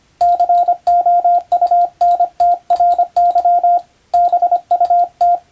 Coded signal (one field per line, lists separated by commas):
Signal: Morse code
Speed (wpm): 25 wpm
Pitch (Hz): 700 Hz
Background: radio noise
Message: COUNTRY BUT